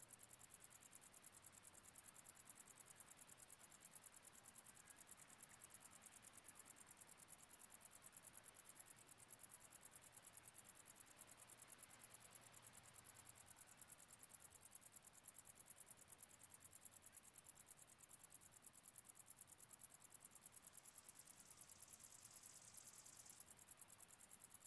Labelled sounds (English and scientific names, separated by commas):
Wartbiter (Decticus verrucivorus) stridulation